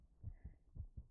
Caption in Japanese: 胸に顔をうずめていると、 私の鼓動が、。 心臓の鼓動が、 聞こえてきませんか？とくん、と くんと。